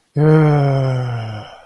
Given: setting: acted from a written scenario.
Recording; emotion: vocal sound without words; disappointment